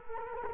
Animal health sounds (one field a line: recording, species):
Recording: mosquito wingbeat signal from an infrared sensor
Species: Culex quinquefasciatus